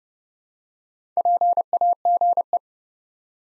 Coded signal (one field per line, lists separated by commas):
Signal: Morse code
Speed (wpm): 30 wpm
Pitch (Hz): 700 Hz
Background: none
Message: PAGE